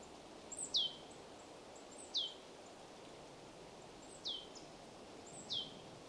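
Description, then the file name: Marsh tit giving four brief, piercing descending call notes at irregular intervals of one to two seconds, each with a faint higher note before it, against steady hiss. "Poecile palustris"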